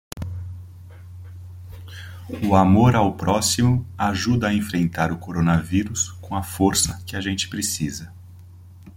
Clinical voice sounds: spoken sentence; Brazilian Portuguese; male; 40 to 49 years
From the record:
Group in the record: control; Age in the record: 42 years

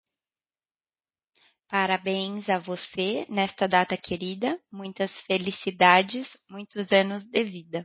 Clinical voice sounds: short text; Brazilian Portuguese; female; 20 to 29 years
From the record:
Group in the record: control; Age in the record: 24 years

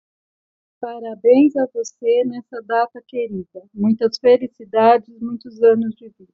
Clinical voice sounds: short text; Brazilian Portuguese; female; 40 to 49 years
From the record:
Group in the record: control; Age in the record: 49 years

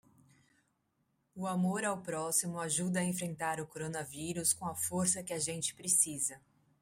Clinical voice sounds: spoken sentence; Brazilian Portuguese; female; 40 to 49 years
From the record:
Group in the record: control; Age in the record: 44 years

